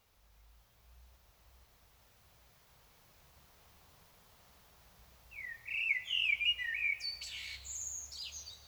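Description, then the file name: Common blackbird: several seconds of quiet low rumble, then a brief fluted warble with a high, scratchy twittering end near the close. "Turdus merula"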